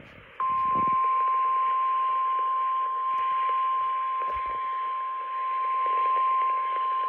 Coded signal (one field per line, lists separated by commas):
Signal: Emergency Alert System (SAME) tones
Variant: 1050 Hz attention tone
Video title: Raleigh, Im from Virginia, Not North Carolina (5/1/22) (EAS #137-141)